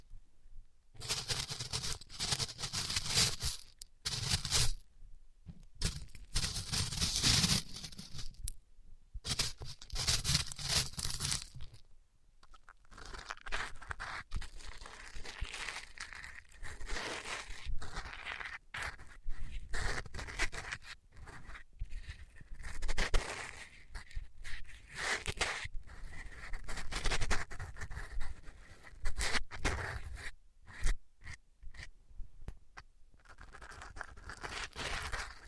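A band-aid is ripped off: the first twelve seconds bring a string of loud, harsh tearing and scraping bursts separated by short silences. After that the sound settles into a quieter, steady crinkling and scratching that continues to the end, with occasional louder scrapes.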